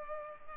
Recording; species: mosquito wingbeat signal from an infrared sensor; Culex pipiens